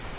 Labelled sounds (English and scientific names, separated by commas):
Grace's Warbler (Setophaga graciae) flight call